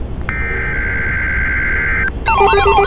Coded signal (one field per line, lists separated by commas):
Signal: Emergency Alert System (SAME) tones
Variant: header bursts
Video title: (ARCHIVED) EAS Remake: The 3/11 Tsunami